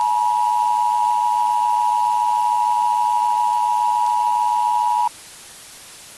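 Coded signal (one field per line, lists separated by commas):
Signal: Emergency Alert System (SAME) tones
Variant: 853 and 960 Hz attention tone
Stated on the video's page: Fictional EAS scenario, simulated alert.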